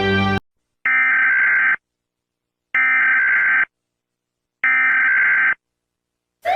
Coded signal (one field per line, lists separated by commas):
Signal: Emergency Alert System (SAME) tones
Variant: header bursts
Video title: EAS Alarms Out Of These Countries